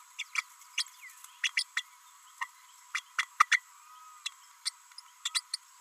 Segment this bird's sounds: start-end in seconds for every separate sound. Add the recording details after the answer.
0.18-0.23, 0.35-0.43, 0.77-0.85, 1.43-1.51, 1.56-1.63, 1.76-1.82, 2.40-2.47, 2.94-3.02, 3.18-3.26, 3.39-3.46, 3.51-3.60, 4.25-4.30, 4.65-4.70, 5.53-5.56. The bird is a female. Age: 32 days. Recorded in a nest box in Venezuela. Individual 17B32A5